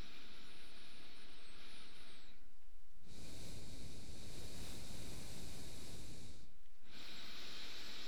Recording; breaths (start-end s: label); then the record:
nose breathing near a microphone
0.00-2.85 s: inhalation
2.85-6.66 s: exhalation
6.66-8.08 s: inhalation
From the record:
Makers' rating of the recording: medium